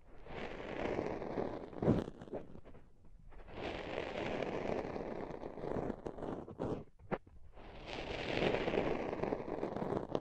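Soft, fluffy ASMR rubbing comes in three long, dense swells of muffled scratching, each lasting a few seconds with short quiet gaps between them. A sharper brush or tap stands out near the two-second mark, and a brief click lands around seven seconds.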